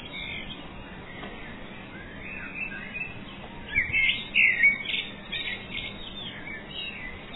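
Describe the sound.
Bird chirps: soft twittering at first, then a louder cluster of bright, quick whistled chirps near the middle, followed by a few scattered notes, against a steady hiss.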